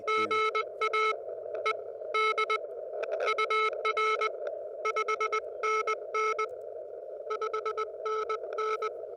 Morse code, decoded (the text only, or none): GA ED UR 5NN 5NN